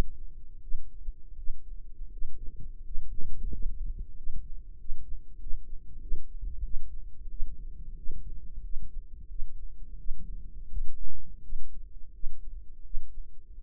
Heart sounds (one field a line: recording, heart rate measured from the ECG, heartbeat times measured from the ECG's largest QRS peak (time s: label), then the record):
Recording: heart sounds by microphone in the right ear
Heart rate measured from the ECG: 88 bpm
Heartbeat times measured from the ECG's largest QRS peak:
0.59 s: heartbeat
1.34 s: heartbeat
2.09 s: heartbeat
2.82 s: heartbeat
3.49 s: heartbeat
4.14 s: heartbeat
4.76 s: heartbeat
5.37 s: heartbeat
5.99 s: heartbeat
6.61 s: heartbeat
7.27 s: heartbeat
7.94 s: heartbeat
8.61 s: heartbeat
9.27 s: heartbeat
9.96 s: heartbeat
10.68 s: heartbeat
11.40 s: heartbeat
12.11 s: heartbeat
12.81 s: heartbeat
13.51 s: heartbeat
From the record:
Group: healthy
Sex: male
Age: 33 years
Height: 179 cm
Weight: 80.4 kg